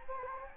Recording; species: mosquito wingbeat signal from an infrared sensor; Anopheles gambiae